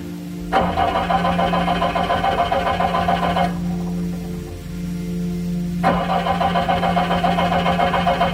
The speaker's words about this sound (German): Der Wagen gab nur ein heiseres Röcheln von sich.